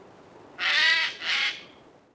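Eurasian jay giving two harsh, rasping screeches in quick succession, the first longer and louder, against a quiet background.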